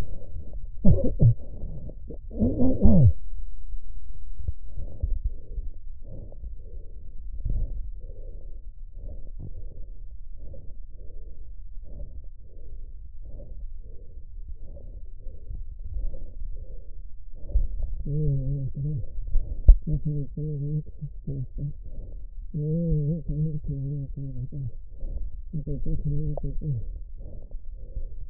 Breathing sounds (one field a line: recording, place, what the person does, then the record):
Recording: lung sounds by stethoscope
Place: right anterior apical chest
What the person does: quiet breathing, then cough and speech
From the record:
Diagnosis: interstitial lung disease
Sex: male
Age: 72 years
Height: 167 cm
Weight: 74 kg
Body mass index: 26.5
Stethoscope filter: extended mode